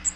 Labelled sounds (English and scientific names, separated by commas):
Cape May Warbler (Setophaga tigrina) flight call